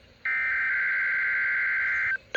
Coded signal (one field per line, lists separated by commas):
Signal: Emergency Alert System (SAME) tones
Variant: header bursts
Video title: WWG49 Required Weekly Test. 2/25/26 EAS #545